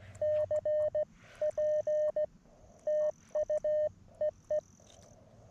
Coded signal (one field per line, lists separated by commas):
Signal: Morse code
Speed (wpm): 16 wpm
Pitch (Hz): 590 Hz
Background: none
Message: CP TU EE